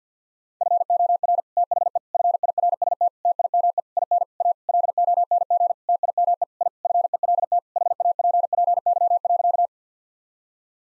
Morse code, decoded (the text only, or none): FOR THE FIRST TIME IN A LONG TIME I FELT HAPPY.